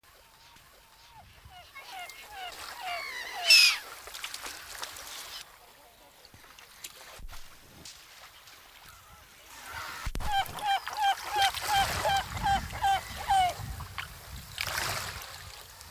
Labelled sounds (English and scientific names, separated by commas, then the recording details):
Great Black-backed Gull (Larus marinus) call
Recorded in the wild
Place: Kölpinsee, Insel Usedom, Mecklenburg-Vorpommern, DE
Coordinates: 54.035, 14.0311
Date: 1983-09-17 18:40
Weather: gusty south-westerly winds
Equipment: Nagra SN, Sennheiser MKH 416 T, Kopie Uher 4000 Report Monitor
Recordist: Tembrock, Günter